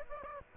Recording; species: mosquito wingbeat signal from an infrared sensor; Aedes aegypti